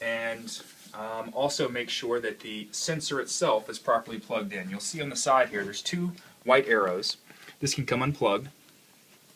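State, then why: Not seated. Someone talks while handling the in-line plastic connector of a SimplyHome bed pad sensor cable, marked with two white arrows, as it is brought toward its mating plug; the pad itself goes on top of the mattress, underneath the sheets. The connector has not snapped or seated yet, and no click is heard in the clip.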